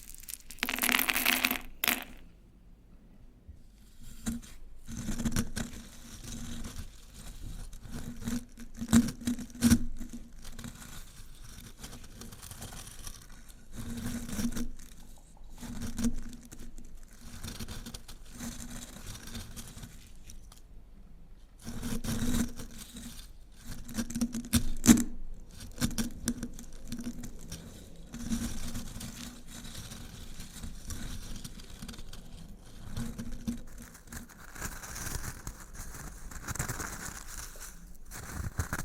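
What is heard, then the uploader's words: Crunchy stirring, an irregular stream of gritty scrapes, rustles and sharp metallic-sounding clicks that keeps shifting in density, with a brief lull near 21 seconds. Louder bursts land around 1–2, 9–10 and 22–25 seconds, over a low murmuring tone that comes and goes. Old-Time Riches Crunchy Stirring. NO TALKING.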